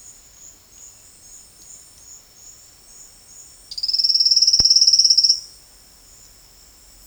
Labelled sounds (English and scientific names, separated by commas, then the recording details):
Silvered Antbird (Sclateria naevia)
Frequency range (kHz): Silvered Antbird (Sclateria naevia) 2.2-9.1 kHz
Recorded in dense forest near Puerto Asís, Putumayo, Colombia, on 21 February 2024 at 09:00
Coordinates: 0.485, -76.322
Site G6406